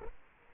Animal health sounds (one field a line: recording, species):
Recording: mosquito wingbeat signal from an infrared sensor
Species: Culex quinquefasciatus